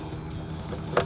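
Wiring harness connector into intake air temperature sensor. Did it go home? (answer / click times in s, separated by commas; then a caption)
yes / 1.0 s. A plastic wiring-harness electrical connector is plugged onto the intake air temperature sensor on the new tube of a K&N Series 63 AirCharger cold air intake on a 2011-2023 Challenger. Over a steady low background noise, it latches with a single sharp click at 1.0 s, and the connector is seated.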